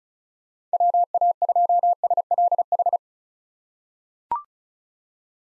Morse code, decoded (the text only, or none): WA2SLH